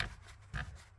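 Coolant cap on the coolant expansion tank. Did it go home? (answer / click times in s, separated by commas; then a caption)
yes / 0.0 s. A plastic coolant cap on the coolant expansion tank of a 2005–2012 BMW 3 Series (E90/E91/E92/E93) is rotated until it clicks shut, seated. The click is heard at 0.0 s, followed by a second softer transient around 0.6 s and low background noise.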